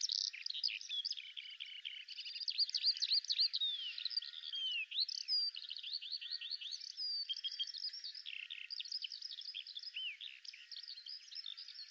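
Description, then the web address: Bird song, softer here: a continuous, rapid jumble of high chirps, slurred whistles and trills running the whole time over faint hiss. "Deverinetal 2025 File cleaned normalized Bird Al Ar"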